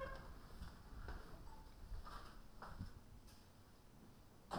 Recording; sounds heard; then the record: poultry house recording; sick chickens (respiratory disease)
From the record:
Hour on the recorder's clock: 21